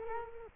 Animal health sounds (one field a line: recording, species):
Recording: mosquito wingbeat signal from an infrared sensor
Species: Culex quinquefasciatus